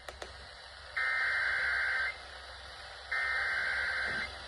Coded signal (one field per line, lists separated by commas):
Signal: Emergency Alert System (SAME) tones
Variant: header bursts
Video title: DAY IN THE NIGHT OR MORNING OF FREAKING OF LOTS... EAS Alerts from 3/15/25 (EAS#3,099 - #3,109)